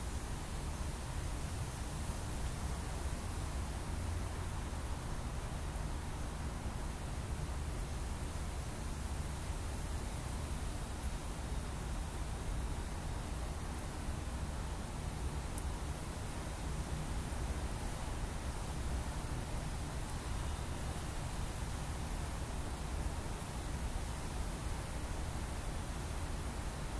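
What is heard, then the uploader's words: A breeze rushes through tree crowns in a steady, dense wash that holds the same level for the whole half minute. The sound is full from a low rumble up to a bright hiss, with no gusts or pauses, only a couple of faint ticks midway. Just a shimmering breeze in the tree crowns by Juraj Kojš.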